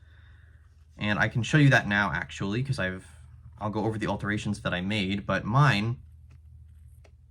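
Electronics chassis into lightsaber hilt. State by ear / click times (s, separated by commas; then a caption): seated / 7.1 s. Someone talks from about 1 to 6 seconds. Then the modified inner electronics chassis of a TXQ Luke Skywalker replica lightsaber is inserted into its metal hilt, where it seats with a short click at 7.1 seconds and locks in place, unlike most versions.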